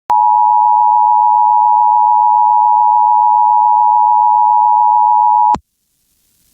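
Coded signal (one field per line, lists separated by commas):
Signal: Emergency Alert System (SAME) tones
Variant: 853 and 960 Hz attention tone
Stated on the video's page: Tornado warning relayed over the EAS on an FM broadcast station.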